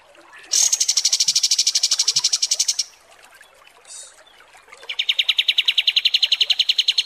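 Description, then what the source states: Kapas tembak song: a loud, fast pulsed trill, high then dropping lower, in two bursts separated by a brief pause with soft chatter. Masteran (tutor recording for training cage birds) of kapas tembak song, described as 'mewah' (luxurious).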